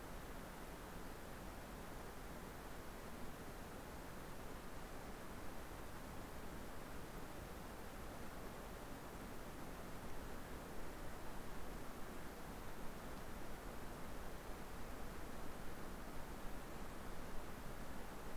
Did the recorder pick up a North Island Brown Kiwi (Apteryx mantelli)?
no